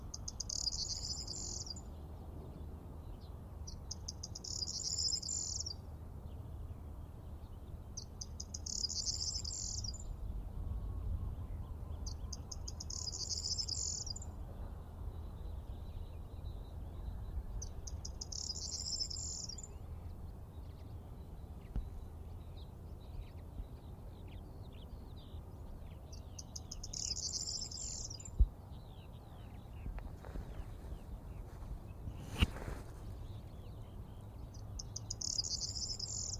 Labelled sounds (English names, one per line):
Corn Bunting song